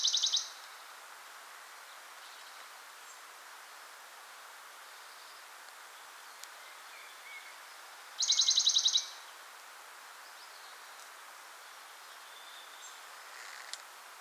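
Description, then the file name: Western Bonelli's warbler with a brief dry trill at the start and another rattling trill about eight seconds later, long quiet gaps between, faint clicks in the background. "pouillotdebonelli"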